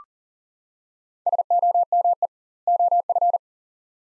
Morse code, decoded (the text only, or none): SOME OF